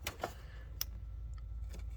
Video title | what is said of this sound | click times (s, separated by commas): 2.5l P055b/P055C code fix | You want to make sure it clicks. | 0.8 s